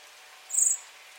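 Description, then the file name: Common blackbird call: a single thin, very high, drawn-out note lasting about a quarter second, over a soft steady hiss. "Turdus merula"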